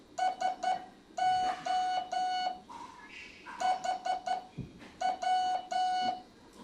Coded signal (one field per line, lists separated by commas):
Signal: Morse code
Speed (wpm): 10 wpm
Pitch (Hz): 740 Hz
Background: none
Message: SO HW